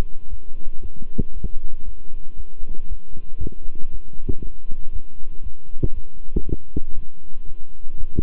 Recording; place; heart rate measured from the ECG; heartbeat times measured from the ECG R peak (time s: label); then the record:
heart sounds by stethoscope; between the tricuspid and mitral areas; 117 bpm
0.28 s: heartbeat
0.80 s: heartbeat
1.32 s: heartbeat
1.84 s: heartbeat
2.36 s: heartbeat
2.87 s: heartbeat
3.39 s: heartbeat
3.90 s: heartbeat
4.40 s: heartbeat
4.91 s: heartbeat
5.42 s: heartbeat
5.92 s: heartbeat
6.43 s: heartbeat
6.94 s: heartbeat
7.45 s: heartbeat
7.96 s: heartbeat
From the record:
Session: walking at 3.7 km/h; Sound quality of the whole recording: good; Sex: male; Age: 26 years